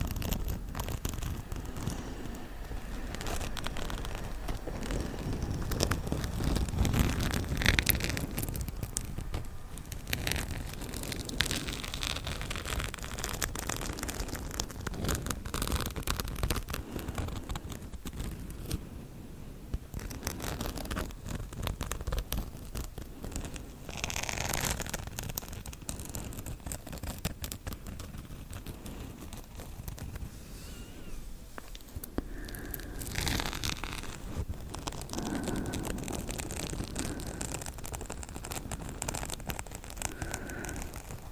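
Slow scratching fills the whole stretch, a dense crackle of dry, rasping strokes over a low rumbling undertone. The texture stays fairly steady, with brighter, stronger swipes standing out around seconds 7, 24, 32 and 35.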